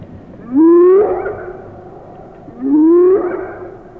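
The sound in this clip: Hyena whoops, two smooth rising hoots each about half a second long, separated by roughly one and a half seconds of quiet with a low hum beneath.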